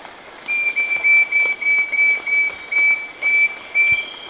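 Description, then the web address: Wing-banded Wren giving a string of pure, level whistled notes, each note short and clear. Recorded in Ecuador. "Natures Songs S America Birds of Ecuador wing-banded Wren"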